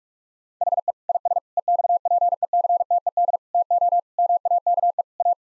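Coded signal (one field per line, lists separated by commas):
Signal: Morse code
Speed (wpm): 41 wpm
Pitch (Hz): 700 Hz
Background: none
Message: HE IS EXPECTED TO MAKE A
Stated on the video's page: Morse drill at 45 wpm of sentences containing common seven-word phrases, sent, spoken, then sent again.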